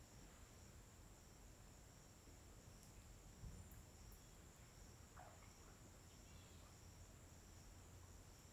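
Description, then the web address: Crickets keep up a steady, continuous high-pitched drone over a low background rumble. Daytime ambience on a forest riverbank in Tocantins, with steady, uniform cricket chirping. "Ambiente na beira do rio na mata com passaros e grilos homogeneos dia. local tocantins"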